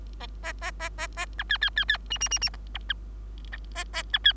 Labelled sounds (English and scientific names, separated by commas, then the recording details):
Bengalese Finch (Lonchura striata domestica) song
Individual Bird3